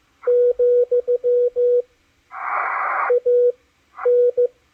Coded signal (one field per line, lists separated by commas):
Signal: Morse code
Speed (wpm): 14 wpm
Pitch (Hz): 490 Hz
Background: radio noise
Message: , AN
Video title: DECODING MORSE CODE ON THE MACHILITE DSP SDR RECEIVER 9-30-2021